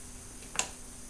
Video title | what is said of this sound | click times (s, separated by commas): [Mon avis sur] le transat up&down de béaba | je ne sais pas si vous vous l'avez vraiment bien entendu mais moi je l'ai entendu donc il y a le premier clic | 0.6 s